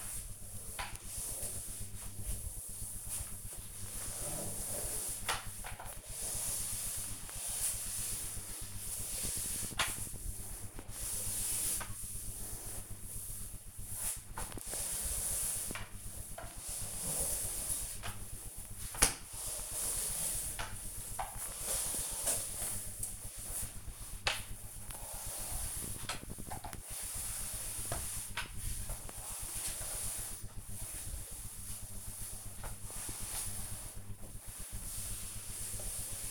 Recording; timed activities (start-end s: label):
household activities, microphone on the right wrist
0.00-36.31 s: floor cleaning